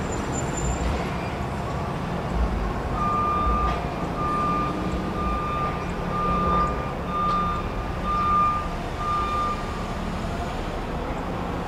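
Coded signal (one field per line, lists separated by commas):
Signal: alarm pattern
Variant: truck reversing alarm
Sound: steady repeating single-pitch beeps, about one per second, over a rumbling engine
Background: diesel engine, traffic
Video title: Reverse Truck Beeping Ambience Sound Effect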